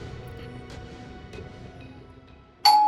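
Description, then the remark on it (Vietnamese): After a few seconds of low, murmuring background hum, a doorbell suddenly rings out loudly at the very end, a bright tonal chime cutting in abruptly. “Tiếng chuông cửa vang lên.”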